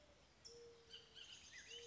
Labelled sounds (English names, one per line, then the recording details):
California Towhee
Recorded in Sonoma County, California